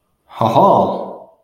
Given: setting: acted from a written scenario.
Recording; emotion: vocal sound without words; interest